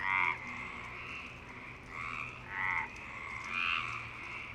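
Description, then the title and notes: Frogs croaking as a chorus, a sharp call at the start followed by several overlapping rasping croaks of varying loudness. Frogs in Parc Longchamp, Marseille, Provence-Alpes-Côte d'Azur, France, 26 March 2011 at 19:35; recorded with a MixPre-6 and Basic UCHO. "Marseille, Provence-Alpes-Côte d'Azur, France - 26_03_11_19_35 Longchamps grenouilles. Grenouilles au parc de Longchamp MIXPRE 6 + BASIC UCHO"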